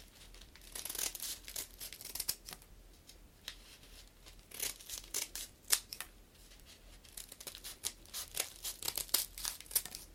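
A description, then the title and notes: Crinkling sounds come in quick, irregular bursts of bright, papery rustles, clustering around one, five to six, and seven to nine and a half seconds. Between bursts there are short lulls with a faint low hiss underneath. Sharp clicks punctuate the busier moments. ASMR Crinkles all the way.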